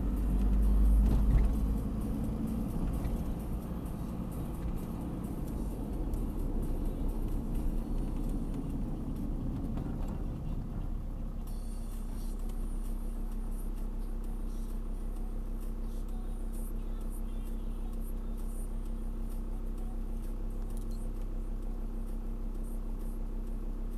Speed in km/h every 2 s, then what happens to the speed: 40, 43, 45, 44, 40, 36, 28, 16, 4, 0, 0, 0.
0-5 steady at about 43. 5-17 brakes to 0. 17-24 standing.